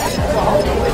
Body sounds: background sound without coughing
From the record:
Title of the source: Nightlife Party Simulating Party Club Noise 1 Hour

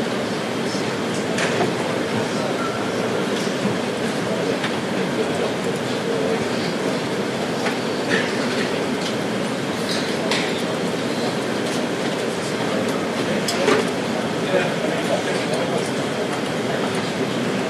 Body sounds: background sound without coughing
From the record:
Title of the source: Office Sounds Ambience - Background Noise for Study and Work

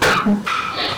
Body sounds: coughing mixed with background sound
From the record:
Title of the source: Barking cough - # 10

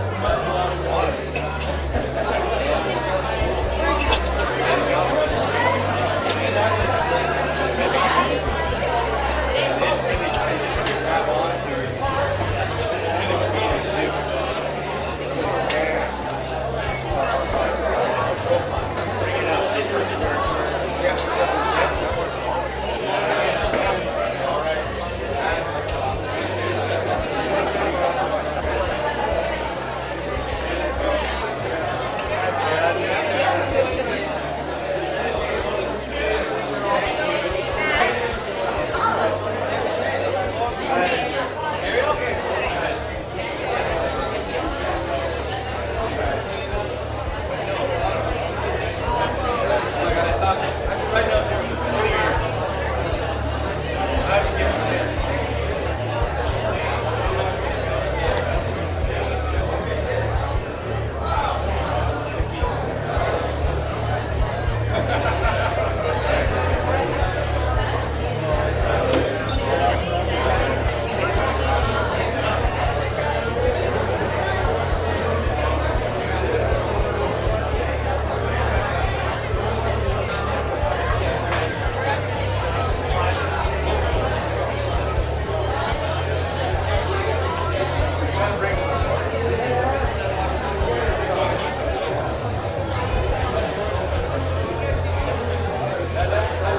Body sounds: background sound without coughing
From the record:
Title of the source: CITY SOUNDS Busy Bar in the Evening Night - 2 HOURS of Ambiance for Relaxation

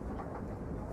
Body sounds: background sound without coughing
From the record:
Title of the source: Train Ride Ambience ambient white noise for sleeping, focus, studying, reading

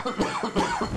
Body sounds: coughing mixed with background sound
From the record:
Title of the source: Spring Allergy Coughing

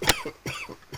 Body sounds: coughing mixed with background sound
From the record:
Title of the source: Dry Afternoon Cough

